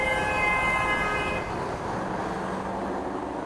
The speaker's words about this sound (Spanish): Un bocinazo me atrapa.